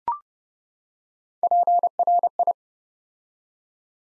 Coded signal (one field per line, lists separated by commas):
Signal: Morse code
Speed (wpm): 29 wpm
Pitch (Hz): 700 Hz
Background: none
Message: PRI